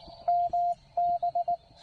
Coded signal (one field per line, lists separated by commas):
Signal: Morse code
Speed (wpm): 18 wpm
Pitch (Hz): 700 Hz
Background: radio noise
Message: MB